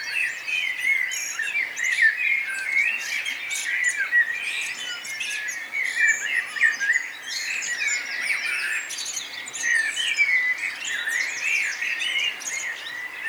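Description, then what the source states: Dense chorus of songbirds, busy chirping, trilling and warbling phrases overlapping constantly, high twitters above a continuous bed of song. Morning bird chorus at Nonnenhorn, 10 May 2009, 04:24.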